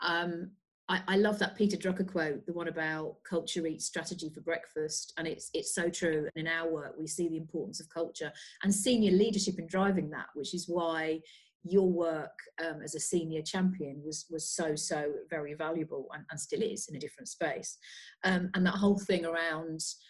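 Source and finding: Adult woman speaking. Normal speech.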